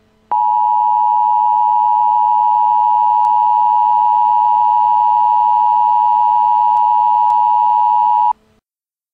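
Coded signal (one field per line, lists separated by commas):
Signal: Emergency Alert System (SAME) tones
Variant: 853 and 960 Hz attention tone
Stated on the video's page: Simulated winter storm warning for Detroit.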